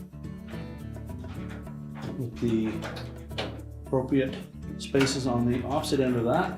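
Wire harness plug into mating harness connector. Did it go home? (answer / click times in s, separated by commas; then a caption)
no / none. While replacing the light socket (GE # WE5M48) on a GE dryer, the two tabs of a single plastic wire harness plug are lined up with the slots on the opposite mating harness connector before it is pushed home. Someone talks over background music throughout. Nothing has seated or clicked yet.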